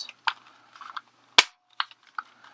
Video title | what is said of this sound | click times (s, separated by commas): Power Rangers Lightning Collection Power Morpher Review | yes and it stays in pretty well because you hear that very nice click | 1.4 s